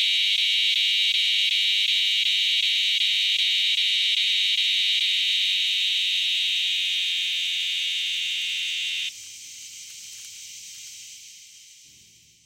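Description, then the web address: Northern dusk-singing cicada song, an intense droning buzz that holds steady, then cuts off abruptly, leaving a faint fading hiss. "The Songs of Insects. Northern Dusk-singing Cicada"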